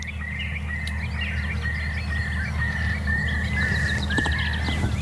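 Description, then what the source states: Eurasian curlew delivering a run of repeated, slightly rising whistled notes, about two per second, over a low steady rumble and faint high bird twitters. Wild curlew heard again at dawn over flooded fields at Hyvelänjärvi, Lohja, on spring morning 2 May 2021.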